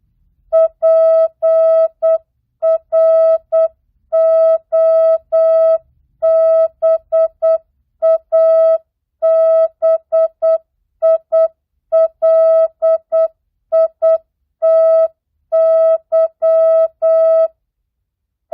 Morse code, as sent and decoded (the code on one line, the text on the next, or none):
.--. .-. --- -... .- -... .. .-.. .. - -.--
PROBABILITY